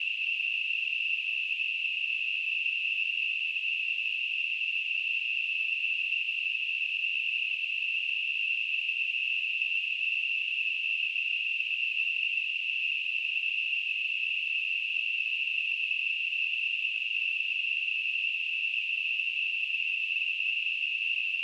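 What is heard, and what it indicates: A steady, unbroken high-pitched hissing ring, centered in the upper-middle pitch range, holds at constant loudness for about 21 seconds. It is a simulated tinnitus sound, imitating the continuous ringing or hissing heard in the ears without any outside source.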